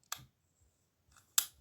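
Two small plastic parts of a spinning-top toy, a balance-type piece and a defense-type piece, are lined up and pushed together until their small tabs clip in. There are sharp plastic clicks at 0.1 s and 1.4 s, the second louder. The parts end up seated and assembled.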